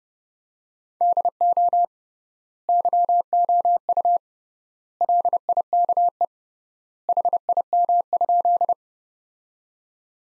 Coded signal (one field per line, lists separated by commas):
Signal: Morse code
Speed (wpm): 29 wpm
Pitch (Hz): 700 Hz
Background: none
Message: DO YOU LIKE HIM?